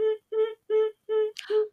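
Five quick, evenly spaced, high hummed sounds from the back of the throat: a demonstrated vocal tic in an adult woman with Tourette syndrome, diagnosed around age 9, whose vocal tics began around age 8 or 9.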